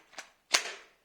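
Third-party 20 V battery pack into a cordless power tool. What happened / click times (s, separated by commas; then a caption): The battery pack clicked home on the tool / 0.5 s. A third-party Bormann 20 V battery pack is pushed onto a Parkside cordless tool (a reciprocating saw or drill-driver). A softer contact sound at about 0.2 s is followed by a sharp click at 0.5 s, when the battery clicks fully into place.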